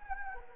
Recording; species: mosquito wingbeat signal from an infrared sensor; Anopheles arabiensis